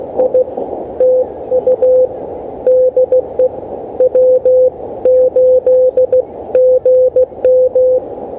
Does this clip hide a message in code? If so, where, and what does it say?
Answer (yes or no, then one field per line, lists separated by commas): yes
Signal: Morse code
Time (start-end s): 0.2-8.0 s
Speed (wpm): 16 wpm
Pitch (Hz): 510 Hz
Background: none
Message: I TU DE W8GM